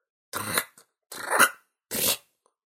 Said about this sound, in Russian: И вдруг один паровозик начал скрипеть, как будто бы у него забыли смазать колеса.